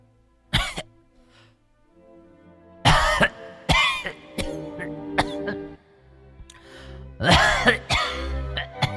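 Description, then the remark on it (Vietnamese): An old woman, a mother-in-law, coughs heavily inside an inner room in loud, raspy bursts: one sharp cough, then a cluster of hacking coughs, and after a pause another rough fit with throaty clearing. “nhát thấy tiếng mẹ chồng ho sù sụ ở trong buồng thì nguýt dài một cái.”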